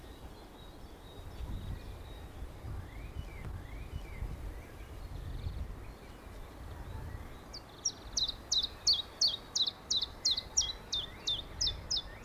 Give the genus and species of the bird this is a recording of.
Phylloscopus collybita